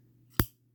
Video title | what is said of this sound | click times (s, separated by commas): Zippo 1993 Collectible of the Year. 1935 Varga Girl Windy. | very good click zippo actually patented that sound the zippo click | 0.4 s